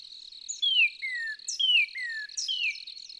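Northern cardinal song of whistled phrases: a long downward slur followed by a lower falling note, given twice, then another downslur, with a steady high drone behind.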